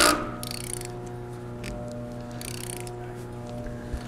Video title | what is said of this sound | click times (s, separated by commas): Testing Loctite Threadlockers 243 VS 271 VS 290 | but it didn't click so somewhere between 70 and 80 foot pounds | none